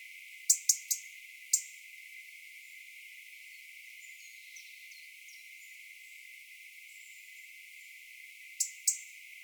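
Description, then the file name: European robin giving sharp, clicking tick calls, a quick run of three and a fourth shortly after near the start, and two more at the end, with faint thin high notes between. "Erithacus rubecula"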